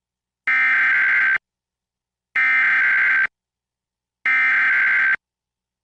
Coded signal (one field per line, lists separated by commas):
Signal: Emergency Alert System (SAME) tones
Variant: header bursts